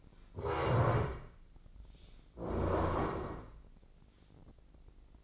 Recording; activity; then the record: daily activity, microphone in the room; stand up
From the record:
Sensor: 5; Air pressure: 1012.4 hPa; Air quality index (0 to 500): 150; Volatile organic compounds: 2 ppm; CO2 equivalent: 1028 ppm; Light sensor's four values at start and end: 275/658/281/310 and 273/654/279/308